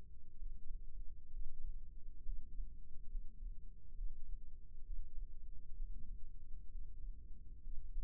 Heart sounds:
heart sounds by microphone in the left ear; 66 bpm
0.38 s: heartbeat
1.32 s: heartbeat
2.24 s: heartbeat
3.10 s: heartbeat
3.96 s: heartbeat
4.85 s: heartbeat
5.76 s: heartbeat
6.71 s: heartbeat
7.63 s: heartbeat
From the record:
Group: healthy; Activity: rest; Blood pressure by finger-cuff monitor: 94/56 mmHg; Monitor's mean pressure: 63 mmHg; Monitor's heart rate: 67 bpm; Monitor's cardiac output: 6.6 L/min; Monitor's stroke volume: 82 mL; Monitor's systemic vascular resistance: 710 dyn s/cm5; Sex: male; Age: 22 years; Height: 181 cm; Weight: 79 kg

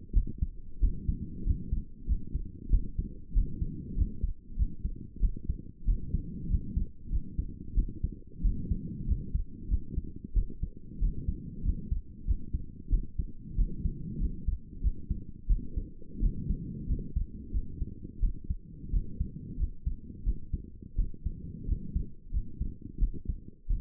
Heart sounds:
heart sounds by stethoscope; 92 bpm
0.13 s: heartbeat
0.80 s: heartbeat
1.45 s: heartbeat
2.07 s: heartbeat
2.70 s: heartbeat
3.34 s: heartbeat
3.96 s: heartbeat
4.56 s: heartbeat
5.20 s: heartbeat
5.85 s: heartbeat
6.48 s: heartbeat
7.10 s: heartbeat
7.75 s: heartbeat
8.42 s: heartbeat
9.06 s: heartbeat
9.68 s: heartbeat
10.34 s: heartbeat
10.99 s: heartbeat
11.63 s: heartbeat
12.25 s: heartbeat
12.90 s: heartbeat
13.56 s: heartbeat
14.19 s: heartbeat
14.81 s: heartbeat
15.47 s: heartbeat
16.20 s: heartbeat
16.86 s: heartbeat
17.51 s: heartbeat
18.20 s: heartbeat
18.91 s: heartbeat
19.57 s: heartbeat
20.24 s: heartbeat
20.96 s: heartbeat
21.66 s: heartbeat
22.31 s: heartbeat
22.99 s: heartbeat
23.67 s: heartbeat
From the record:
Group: healthy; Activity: rest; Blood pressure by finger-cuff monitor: 142/72 mmHg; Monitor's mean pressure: 95 mmHg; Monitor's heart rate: 94 bpm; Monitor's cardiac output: 9 L/min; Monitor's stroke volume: 96 mL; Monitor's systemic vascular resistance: 790 dyn s/cm5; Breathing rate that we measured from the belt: 24 breaths a minute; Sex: female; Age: 22 years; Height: 154 cm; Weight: 58.7 kg

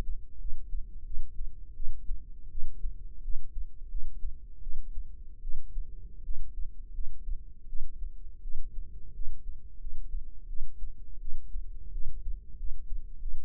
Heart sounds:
heart sounds by microphone in the right ear; 84 bpm
0.39 s: heartbeat
1.05 s: heartbeat
1.75 s: heartbeat
2.50 s: heartbeat
3.23 s: heartbeat
3.89 s: heartbeat
4.62 s: heartbeat
5.42 s: heartbeat
6.24 s: heartbeat
6.93 s: heartbeat
7.68 s: heartbeat
8.42 s: heartbeat
9.14 s: heartbeat
9.79 s: heartbeat
10.48 s: heartbeat
11.20 s: heartbeat
11.92 s: heartbeat
12.57 s: heartbeat
13.20 s: heartbeat
From the record:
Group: healthy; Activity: rest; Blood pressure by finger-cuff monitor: 110/70 mmHg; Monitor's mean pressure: 83 mmHg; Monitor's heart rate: 83 bpm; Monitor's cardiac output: 7 L/min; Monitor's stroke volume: 84 mL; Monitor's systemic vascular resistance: 850 dyn s/cm5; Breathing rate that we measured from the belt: 19 breaths a minute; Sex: female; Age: 22 years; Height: 157 cm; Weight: 47.6 kg

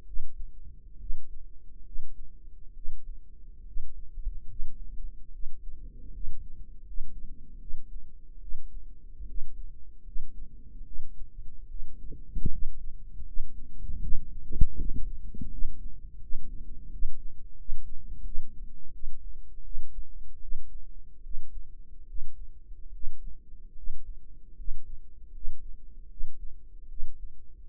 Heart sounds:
heart sounds by microphone in the right ear; 76 bpm
0.04 s: heartbeat
0.97 s: heartbeat
1.83 s: heartbeat
2.73 s: heartbeat
3.64 s: heartbeat
4.46 s: heartbeat
5.31 s: heartbeat
6.11 s: heartbeat
6.84 s: heartbeat
7.58 s: heartbeat
8.39 s: heartbeat
9.25 s: heartbeat
10.03 s: heartbeat
10.84 s: heartbeat
11.67 s: heartbeat
12.49 s: heartbeat
13.24 s: heartbeat
14.00 s: heartbeat
14.76 s: heartbeat
15.50 s: heartbeat
16.20 s: heartbeat
16.89 s: heartbeat
17.56 s: heartbeat
18.23 s: heartbeat
18.92 s: heartbeat
19.63 s: heartbeat
20.40 s: heartbeat
21.22 s: heartbeat
22.06 s: heartbeat
22.91 s: heartbeat
23.75 s: heartbeat
24.55 s: heartbeat
25.31 s: heartbeat
26.08 s: heartbeat
26.88 s: heartbeat
From the record:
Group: healthy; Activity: cold pressor test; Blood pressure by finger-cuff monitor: 91/60 mmHg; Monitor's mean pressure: 70 mmHg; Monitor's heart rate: 74 bpm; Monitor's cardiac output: 5.8 L/min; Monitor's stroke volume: 78 mL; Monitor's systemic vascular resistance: 850 dyn s/cm5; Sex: female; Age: 22 years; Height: 163 cm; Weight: 67.1 kg

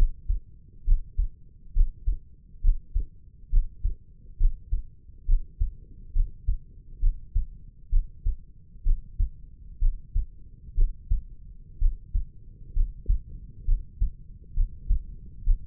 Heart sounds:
heart sounds by stethoscope; 66 bpm
0.85 s: heartbeat
1.73 s: heartbeat
2.61 s: heartbeat
3.50 s: heartbeat
4.38 s: heartbeat
5.26 s: heartbeat
6.13 s: heartbeat
7.00 s: heartbeat
7.90 s: heartbeat
8.83 s: heartbeat
9.79 s: heartbeat
10.75 s: heartbeat
11.79 s: heartbeat
12.73 s: heartbeat
13.65 s: heartbeat
14.54 s: heartbeat
15.44 s: heartbeat
From the record:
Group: healthy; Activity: breath hold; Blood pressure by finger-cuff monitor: 112/72 mmHg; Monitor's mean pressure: 84 mmHg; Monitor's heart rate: 67 bpm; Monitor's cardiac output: 5.3 L/min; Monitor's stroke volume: 82 mL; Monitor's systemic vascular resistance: 1160 dyn s/cm5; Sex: female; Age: 22 years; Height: 160 cm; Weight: 45 kg

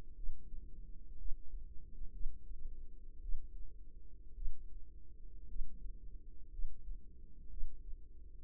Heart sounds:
heart sounds by microphone in the right ear; 57 bpm
0.14 s: heartbeat
1.16 s: heartbeat
2.11 s: heartbeat
3.20 s: heartbeat
4.33 s: heartbeat
5.46 s: heartbeat
6.49 s: heartbeat
7.48 s: heartbeat
From the record:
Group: healthy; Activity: rest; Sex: female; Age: 36 years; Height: 163 cm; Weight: 88 kg

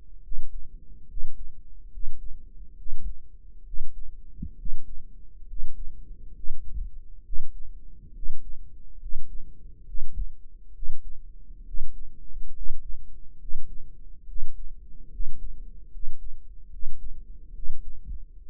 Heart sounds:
heart sounds by microphone in the right ear; 69 bpm
0.21 s: heartbeat
1.06 s: heartbeat
1.89 s: heartbeat
2.75 s: heartbeat
3.63 s: heartbeat
4.55 s: heartbeat
5.45 s: heartbeat
6.33 s: heartbeat
7.22 s: heartbeat
8.12 s: heartbeat
8.98 s: heartbeat
9.84 s: heartbeat
10.72 s: heartbeat
11.63 s: heartbeat
12.52 s: heartbeat
13.37 s: heartbeat
14.25 s: heartbeat
15.09 s: heartbeat
15.89 s: heartbeat
16.69 s: heartbeat
17.52 s: heartbeat
18.45 s: heartbeat
From the record:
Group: healthy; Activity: rest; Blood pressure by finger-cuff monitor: 110/66 mmHg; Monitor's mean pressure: 79 mmHg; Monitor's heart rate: 70 bpm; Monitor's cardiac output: 6.6 L/min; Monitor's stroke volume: 95 mL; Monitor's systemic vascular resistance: 870 dyn s/cm5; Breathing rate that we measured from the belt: 17 breaths a minute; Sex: male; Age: 23 years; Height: 178 cm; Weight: 96.6 kg

